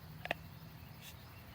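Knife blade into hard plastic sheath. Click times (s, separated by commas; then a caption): 0.2 s, 0.3 s. A black Mora Bushcraft fixed-blade knife is pushed into its hard plastic sheath and catches with a small double click at 0.2 and 0.3 seconds, over a low steady hum. The blade is seated and retained in the sheath, and it holds when tested so it won't come out.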